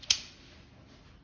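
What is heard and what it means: A Demko AD20 folding knife has its lock lifted, and the blade drops closed into its locking mechanism. A faint tick at 0.0 s precedes one sharp, bright click at 0.1 s, then only low background noise remains. The blade snaps shut and locks into place.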